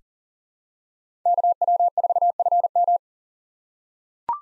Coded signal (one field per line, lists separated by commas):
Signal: Morse code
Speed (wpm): 40 wpm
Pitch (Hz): 700 Hz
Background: none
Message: KW4FM